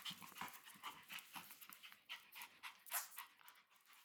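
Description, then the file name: Chihuahua panting, quick breathy bursts about every third of a second, with light snuffling throughout. Dogs playing; recorded 20 May 2017. "20170520 Chihuahua Dogs Playing"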